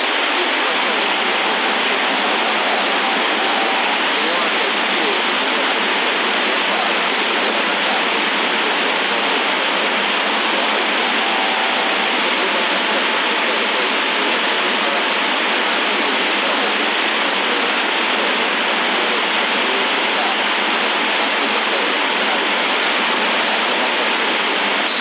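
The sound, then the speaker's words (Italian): Steady, band-limited radio hiss fills the whole stretch, a constant CB carrier rushing without a break that sometimes covers the speech, with a faint thin whistle tone rising out of it briefly midway. No voices come through. “Capito, oh, si sente sempre questa portante, perché a un certo punto non so se aumenta i watt, che cosa fa, qualche volta si copre, ma poche volte, comunque la maggior parte del discorso già si sento.”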